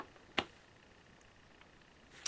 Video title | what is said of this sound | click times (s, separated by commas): How to reassemble the GSG 522 | for that snaps in place you reinstall the cap that goes on the front end of | 0.4 s